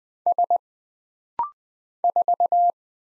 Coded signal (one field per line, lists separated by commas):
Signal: Morse code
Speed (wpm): 20 wpm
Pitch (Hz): 700 Hz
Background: none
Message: S 4